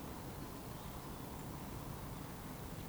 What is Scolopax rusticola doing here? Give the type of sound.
whistle